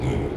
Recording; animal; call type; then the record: contact call of a hoofed animal; pig; closed-mouth grunt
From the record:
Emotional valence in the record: negative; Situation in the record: short social isolation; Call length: 0.37 s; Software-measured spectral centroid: 1390 Hz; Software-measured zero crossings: 940 a second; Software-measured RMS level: -24 dBFS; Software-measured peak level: -12 dBFS